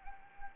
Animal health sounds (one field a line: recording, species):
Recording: mosquito wingbeat signal from an infrared sensor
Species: Anopheles arabiensis